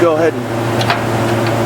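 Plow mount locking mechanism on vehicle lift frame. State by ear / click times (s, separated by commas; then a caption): seated / 0.9 s. Someone talks over a steady low hum while the plow mount locking mechanism on a vehicle lift frame is locked after hookup. A short metallic hit at 0.9 s marks the mount lock engaging and seating.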